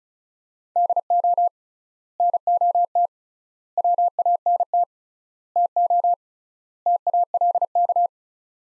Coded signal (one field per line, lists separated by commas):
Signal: Morse code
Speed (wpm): 36 wpm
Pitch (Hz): 700 Hz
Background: none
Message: DO NOT WANT TO TALK